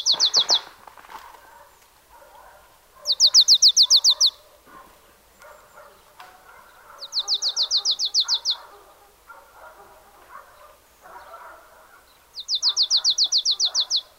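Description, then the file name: Marsh tit repeating rapid high chip-note runs, four bursts a few seconds apart, with faint other bird calls between. "Poecile palustris"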